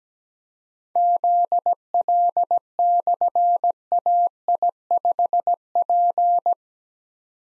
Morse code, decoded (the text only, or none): ZL/AI5P